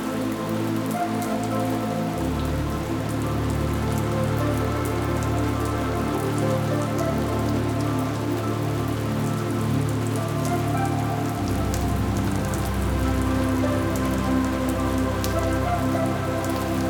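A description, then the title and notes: Rain falls steadily in a garden, a dense, even patter of drops landing on surfaces. Sharp individual drips stand out against the wash throughout, while a low, steady hum underneath shifts slightly in pitch around two and eleven seconds. It's raining in the serene garden, releasing drops of calm from the sky.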